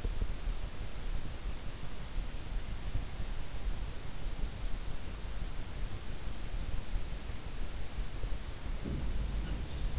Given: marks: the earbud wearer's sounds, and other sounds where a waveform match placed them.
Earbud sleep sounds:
sounds in sleep by an in-ear microphone; teeth grinding
0.00-0.27 s: teeth grinding
8.81-9.13 s: teeth grinding

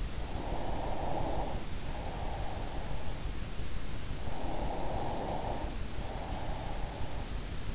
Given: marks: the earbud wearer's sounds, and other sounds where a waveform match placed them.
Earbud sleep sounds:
sounds in sleep by an in-ear microphone; breath
0.00-3.15 s: breath
3.94-7.63 s: breath

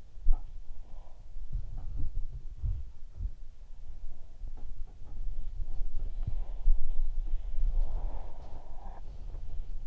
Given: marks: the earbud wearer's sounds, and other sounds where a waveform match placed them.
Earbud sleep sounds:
sounds in sleep by an in-ear microphone; body movement
0.12-9.87 s: sound from someone else or the room
5.86-9.87 s: body movement

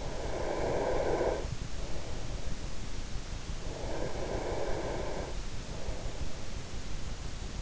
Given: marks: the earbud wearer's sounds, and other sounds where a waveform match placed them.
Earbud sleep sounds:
sounds in sleep by an in-ear microphone; breath
0.00-2.09 s: breath
3.63-5.89 s: breath

